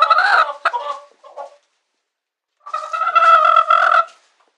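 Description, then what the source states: Chicken calls: a loud squawking burst with a sharp click and a few shorter notes, a silent gap of about a second, then a long harmonic squawk lasting over a second. Domestic chicken.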